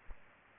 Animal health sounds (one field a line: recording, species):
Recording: mosquito wingbeat signal from an infrared sensor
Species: Aedes aegypti